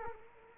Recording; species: mosquito wingbeat signal from an infrared sensor; Culex quinquefasciatus